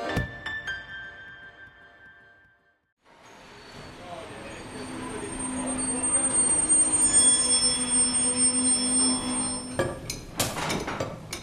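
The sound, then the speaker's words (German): A heavy freight train loaded with Russian coal from Rotterdam, each wagon carrying about 60 to 63 tonnes, rolls past with a steady, building rumble, thin high-pitched wheel squeal drifting over it, and a burst of sharp metallic clacks near the end. “Das ist jetzt ein Zug aus Rotterdam mit russischer Kohle. Der Güterwagen ist beladen mit ca. 60 bis 63 Tonnen.”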